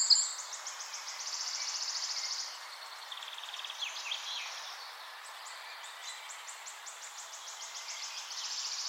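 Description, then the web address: Eurasian wren song, rapid high trills and ticking runs changing speed and pitch over several seconds, against constant background noise. "pub SETE data Troglodytes troglodytes"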